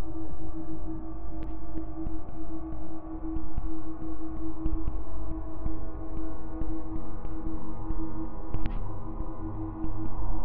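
Digitally processed Niagara Falls becomes a dense, steady drone of layered tones, with a strong ringing pitch in the middle and a deep grumbling rumble underneath. Faint clicks and beats tick through it, and brief brighter flares come at about 1.5 and 8.5 seconds.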